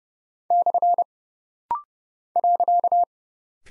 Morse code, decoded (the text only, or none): / .